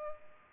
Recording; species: mosquito wingbeat signal from an infrared sensor; Culex pipiens